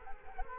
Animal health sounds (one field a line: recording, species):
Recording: mosquito wingbeat signal from an infrared sensor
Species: Culex quinquefasciatus